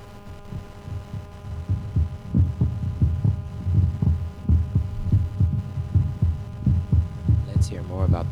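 Steady low thumping heartbeat over a constant hum, ending with a brief warbling tone; ordinary heart sounds.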